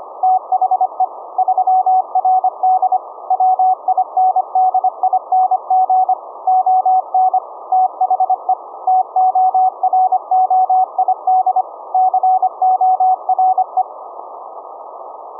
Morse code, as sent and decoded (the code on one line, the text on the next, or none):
- .... . / ...-- .-. -.. / .-- .. -. -.. .. -. --. / --- -. / - .... . / - --- .-. --- .. -.. / -.-. --- .-. .
THE 3RD WINDING ON THE TOROID CORE